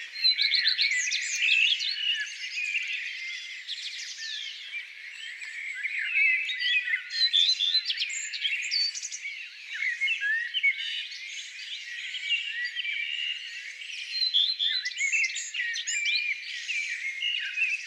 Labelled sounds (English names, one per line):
Common Redstart song